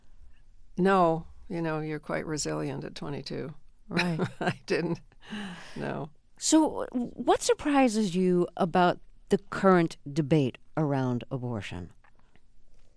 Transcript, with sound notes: No. You know, you're quite resilient at 22.
Right.
(Laughter) I didn't, no.
So what surprises you about the current debate around abortion?